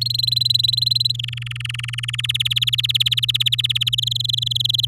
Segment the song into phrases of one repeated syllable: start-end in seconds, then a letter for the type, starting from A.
0.01-1.12 A, 1.14-2.21 B, 2.23-3.89 C, 3.92-4.85 D